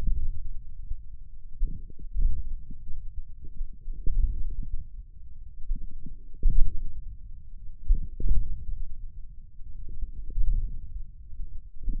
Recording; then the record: forearm muscle sounds (acoustic myography)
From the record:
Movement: ulnar deviation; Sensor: system 1, eight BSWA MPA416 microphones around the upper forearm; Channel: 8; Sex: male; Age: 28 years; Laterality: right